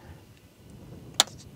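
A torque wrench, pulled toward the user with one hand on its head, tightens the oil drain plug or filter housing on a Jeep 3.6L engine to avoid over-tightening and breaking it. Low rumbling background is broken by a single sharp, bright click at 1.2 s. The wrench has reached its set torque.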